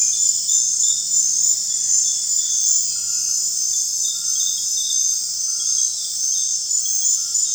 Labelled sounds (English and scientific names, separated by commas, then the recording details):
none
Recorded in dense forest near Puerto Asís, Putumayo, Colombia, on 29 June 2025 at 20:00
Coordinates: 0.468, -76.322
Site GP03